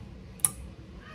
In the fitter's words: I heard a click sound.